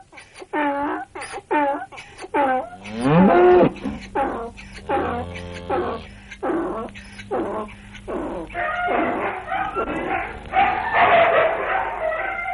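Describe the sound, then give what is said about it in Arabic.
Cattle moo in a series of drawn-out, harmonic calls, some low and steady, others rising in pitch, as the livestock are sent out to graze with yearling animals following them, with voices mixed in among the lowing throughout. “هات الحولي والحولية اللي عندك يسرحوا ورا البهايم يا بنت.”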